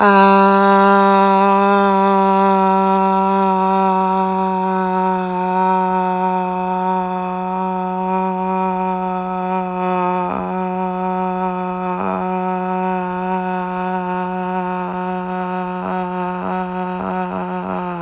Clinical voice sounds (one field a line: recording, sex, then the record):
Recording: sustained vowel /a/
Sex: female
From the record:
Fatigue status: no fatigue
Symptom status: asymptomatic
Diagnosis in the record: COVID-19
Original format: m4a